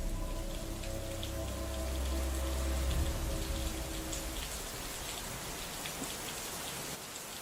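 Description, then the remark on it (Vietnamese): Steady rain patters outside, dense and hissing, while a low, deep rumble of thunder swells in the first few seconds and then fades away beneath the downpour. “Ở bên ngoài, trời dường như bắt đầu đổ mưa. Loáng thoáng trong đó còn có cả tiếng sấm sét đì đùng.”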